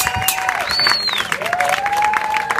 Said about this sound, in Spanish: Un fuerte aplauso para las compas.